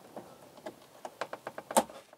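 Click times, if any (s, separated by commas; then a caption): 1.8 s. An add-on heating element is pushed onto a Truma FrostControl frost-protection drain valve of a caravan heater, making a run of small plastic ticks and knocks. A sharper, louder click at 1.8 s marks it latching. The element is now properly seated.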